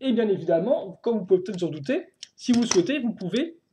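A plastic brick wing module is handled at the rear of a plastic brick model as someone talks throughout. Nothing has clicked or seated yet.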